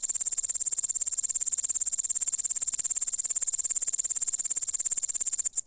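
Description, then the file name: Grasshopper chirring, a shrill, fast, regular pulse train held steadily, with a brief noise right at the end. "zvuki kuznechika"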